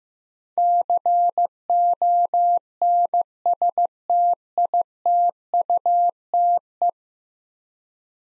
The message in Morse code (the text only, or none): CONSTITUTE